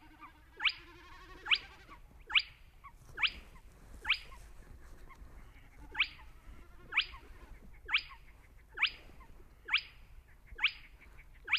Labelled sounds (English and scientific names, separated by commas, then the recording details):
Spotted Crake (Porzana porzana)
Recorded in the wild
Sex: male
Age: adult
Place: Schwedt/Oder, Nationalpark Unteres Odertal, Brandenburg, DE
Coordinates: 53.1386, 14.3655
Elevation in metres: 1
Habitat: wetland
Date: 2015-04-22 21:37
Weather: clear, 6°C, almost windless
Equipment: Sound Devices 702, Sennheiser MKH 70, Rycote Windschutz
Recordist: Frommolt, Karl-Heinz